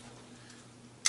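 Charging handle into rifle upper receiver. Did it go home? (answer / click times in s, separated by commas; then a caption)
yes / 1.1 s. A charging handle is put into the upper receiver of a 7.5" AR-15 rifle: in, push down, pull back, then slid in a little further. After about a second of quiet low hum, a single sharp tick sounds at 1.1 s as the handle clicks and seats in the upper receiver.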